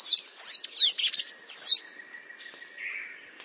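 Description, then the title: Bird song of rapid, bright whistled sweeps and chirps for almost two seconds, then a lingering steady high tone with faint buzzy notes. "LuckyPassaro Completos2Sama"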